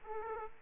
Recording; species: mosquito wingbeat signal from an infrared sensor; Aedes aegypti